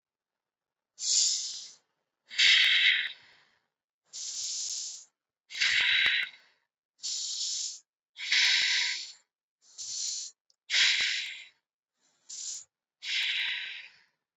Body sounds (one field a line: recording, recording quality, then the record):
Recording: deep breathing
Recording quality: excellent, no background noise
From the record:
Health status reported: recovered from COVID-19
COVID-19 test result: negative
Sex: female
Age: 24 years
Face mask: worn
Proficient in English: yes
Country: India